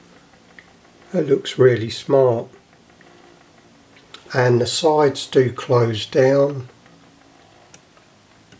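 The opening side panels on a diecast model vehicle body are handled and moved down by hand while someone talks, with a few faint, brief ticks in the quiet gaps. The panels have not clicked shut or seated yet when the clip ends.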